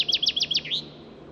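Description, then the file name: Common chaffinch song fragment: a short run of about five repeated sharp high notes, then a single slurred closing note, all brief. "Fringilla coelebs"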